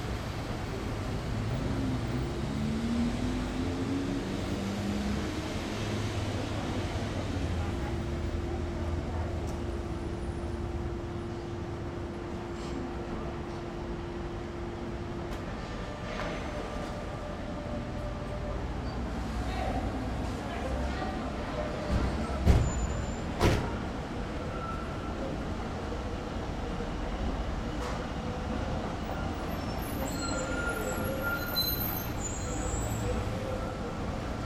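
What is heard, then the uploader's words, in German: Station life: a steady low rumble of engines and traffic runs throughout, with a sustained droning tone in the first fifteen seconds that then falls away. Scattered clicks and knocks appear later, with a brief cluster of sharp bangs around twenty-three seconds. Bahnhofleben.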